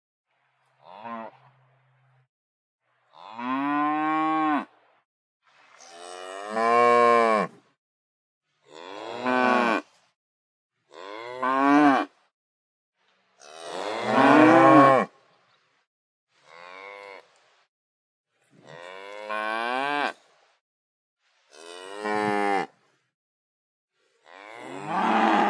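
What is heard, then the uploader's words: A cow moos repeatedly, about a dozen calls spaced every two seconds or so, each a drawn-out, rising and wavering bellow with a rough, nasal edge. The calls are close and loud, separated by near silence, with no other sounds in the background. Cow mooing.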